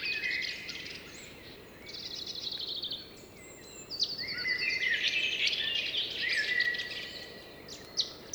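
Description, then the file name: Blackbird song: a steady stream of varied whistled and twittering phrases, some low and fluty, others high and trilled. "Blackbird"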